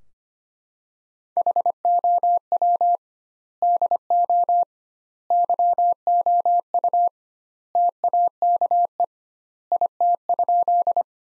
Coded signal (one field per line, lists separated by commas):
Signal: Morse code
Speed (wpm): 25 wpm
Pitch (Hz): 700 Hz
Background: none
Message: HOW DO YOU TAKE IT?